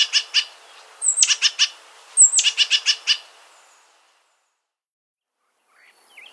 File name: Black crested Titmouse